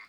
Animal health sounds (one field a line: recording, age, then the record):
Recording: pig call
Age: piglet (1 to 25 days)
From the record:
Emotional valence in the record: positive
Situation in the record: reunion after long isolation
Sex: female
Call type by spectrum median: low-frequency call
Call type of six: low-frequency tonal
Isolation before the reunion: 8 minutes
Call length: 0.09 s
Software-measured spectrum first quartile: 1492 Hz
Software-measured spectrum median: 2045 Hz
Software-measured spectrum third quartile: 2357 Hz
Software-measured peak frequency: 2083 Hz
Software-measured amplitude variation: 109 dB a second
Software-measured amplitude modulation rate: 11.0 a second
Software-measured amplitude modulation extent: 9.9 dB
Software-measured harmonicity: 3.5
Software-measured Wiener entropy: -1.35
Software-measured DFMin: 1077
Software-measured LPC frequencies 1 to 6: 1120, 2123, 3640, 4675, 6725, 7274 Hz